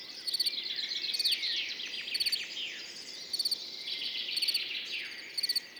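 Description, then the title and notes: Field cricket song: short chirps of three or four shrill pulses, repeated about once a second, over a busy chorus of warbling, twittering birds. Recorded among orchids on Montagne du Puy, 10 June 2019, in the morning after a mild night; continuous song, with birds waking and insects warming up behind; Nagra Seven, MKH40, stereo. "10 juin 2019-Montagne du Puy - Nagra seven - mkh40-stéréo Ce matin comme la nuit a été douce le grillon champêtre continu sont train train sonore."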